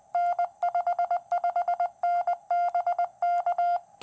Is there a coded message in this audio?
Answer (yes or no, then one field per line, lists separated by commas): yes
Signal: Morse code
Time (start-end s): 0.2-3.8 s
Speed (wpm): 19 wpm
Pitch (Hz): 700 Hz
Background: none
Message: N 55N BK